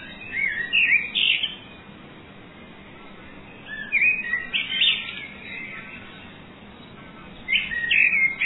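Bird giving three bright warbled phrases, each a cluster of quick high notes, separated by pauses.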